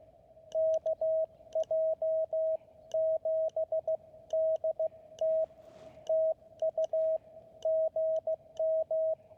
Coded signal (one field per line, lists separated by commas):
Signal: Morse code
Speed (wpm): 16 wpm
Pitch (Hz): 620 Hz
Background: radio noise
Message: KJ7DT TU GM